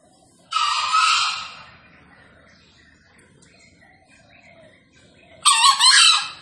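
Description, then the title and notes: Green junglefowl crowing twice, a long harsh rasping burst followed five seconds later by another, over a low steady background hum. Wild green junglefowl released and calling loudly from atop a tree; recording used as a lure for junglefowl. "Panggilan Ayam Hutan Liar. Keren Sekali Ayam Hutan Hijau Dilepas Bebas n Bunyi Gacor Diatas Pohon. Pemikat Ayam Hutan"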